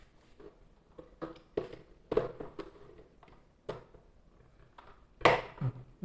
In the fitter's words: that's that's the sound click there's a there should be like the click